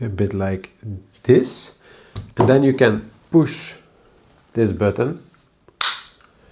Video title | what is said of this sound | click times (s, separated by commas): SMALLRIG - All-in-One Mobile Video Kit | it snaps into place those two holders here | 5.8 s